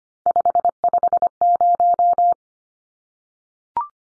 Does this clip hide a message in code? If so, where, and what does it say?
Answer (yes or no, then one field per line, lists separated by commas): yes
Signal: Morse code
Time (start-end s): 0.3-2.3 s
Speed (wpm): 25 wpm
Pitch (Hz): 700 Hz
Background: none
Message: 550